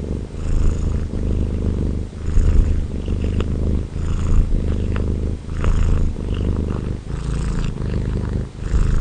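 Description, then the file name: Domestic cat purring, a steady low rumble that swells and fades with each breath. Domestic cat purring on 2011-02-17; 16-bit audio. "Purring Domestic Cat Rocky"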